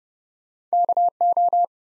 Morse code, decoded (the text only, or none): K O